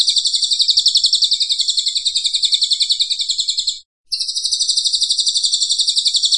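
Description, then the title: Cililin song: a continuous, very high, rapidly pulsing trill with a fainter upper band, broken by one brief silence near four seconds before resuming unchanged. Vigorous "gacor" singing, used for training cage birds. "Cililin AMPUH"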